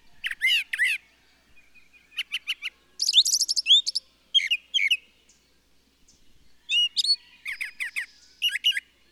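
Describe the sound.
Birdsong of varied chirps, trills and buzzy twitters in irregular bursts, with brief silent gaps between phrases.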